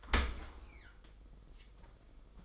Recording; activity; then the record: daily activity, microphone in the room; open dishwasher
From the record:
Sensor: 5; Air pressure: 990.6 hPa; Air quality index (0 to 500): 165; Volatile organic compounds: 311 ppm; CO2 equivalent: 4505 ppm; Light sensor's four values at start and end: 38/115/45/48 and 39/118/46/48